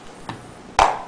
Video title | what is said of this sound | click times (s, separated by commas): Part 2 - Mounting Wiimote to LCD Projector and Making a Proj | you go you can hear that snapping right into place all right and next | 0.8 s